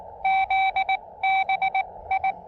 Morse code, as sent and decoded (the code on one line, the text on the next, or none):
--.. -... ..
ZBI